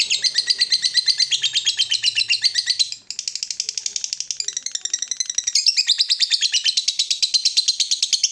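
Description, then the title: Yellow-vented bulbul calls: lively high chattering in rapid pulses, briefly breaking off around three seconds before resuming with shifting pitch. Used as a bird lure (pikat). "PIKAT TRUCUKAN"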